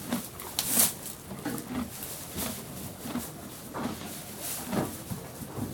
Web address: BBC Horses Snorting BBC moving around in stable close and very close perspective with loud snort on mic